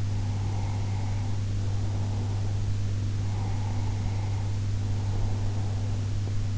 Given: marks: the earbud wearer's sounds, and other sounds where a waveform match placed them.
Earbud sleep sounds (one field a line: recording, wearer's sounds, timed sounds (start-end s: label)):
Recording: sounds in sleep by an in-ear microphone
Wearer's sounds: breath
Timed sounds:
0.26-2.85 s: breath
3.27-5.92 s: breath